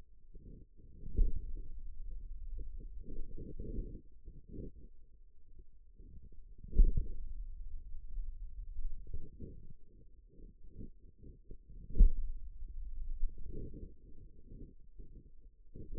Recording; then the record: forearm muscle sounds (acoustic myography)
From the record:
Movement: pen grasping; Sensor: system 2, bracelet of six BSWA MPA416 microphones around the upper forearm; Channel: 4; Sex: male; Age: 22 years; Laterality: right